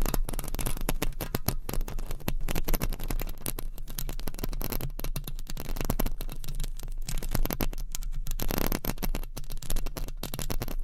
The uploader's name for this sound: ASMR Mic Scratching